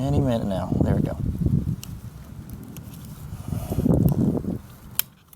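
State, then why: Seated. On a Sur Ron electric dirt bike, the wiring connector of a replacement throttle box (speed adjustment controller) is pushed together with its mating harness plug while someone talks. The plastic latch gives a sharp snap at 5.0 s, showing the connector has seated.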